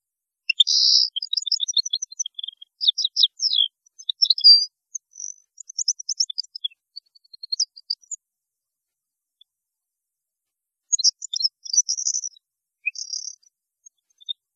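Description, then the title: European goldfinch song: rapid high twittering phrases of tinkling notes, a pause, then another bright twittering burst. "Chant Chardonneret"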